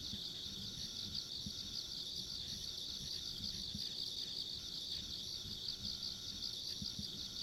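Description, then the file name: Insects trilling nonstop in a shimmering high-pitched wall of sound, with a faint higher trill above and a soft low rumble beneath. Ambient insect sounds along a rural country road. "田舎道の虫の環境音"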